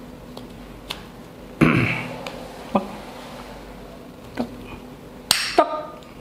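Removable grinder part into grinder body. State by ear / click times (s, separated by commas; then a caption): seated / 5.3 s. A removable part of a grinder is fitted along its guide track into the grinder body and turned until it locks. Scattered knocks and scrapes are heard, including a louder rustle near 1.6 s. A sharp click at 5.3 s marks the part locking into place.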